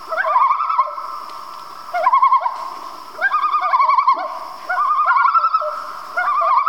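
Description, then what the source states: Common loons giving rapid, wavering tremolo calls in repeated bursts, several birds overlapping in a laughing, quavering chorus. Family group of loons, described as Canadian.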